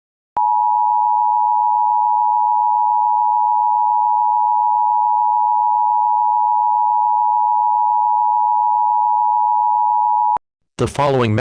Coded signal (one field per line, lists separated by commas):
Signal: Emergency Alert System (SAME) tones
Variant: 853 and 960 Hz attention tone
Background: speech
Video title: EAS Scenario 15: Pac-Man VS Team Sonic